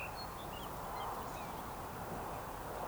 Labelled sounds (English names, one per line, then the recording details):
Eurasian Woodcock
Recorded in Baden-Württemberg, Germany, on 13 June 2020 at 19:36 UTC
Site 43791, 788 m above sea level